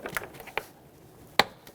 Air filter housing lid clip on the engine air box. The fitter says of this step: Hear a click.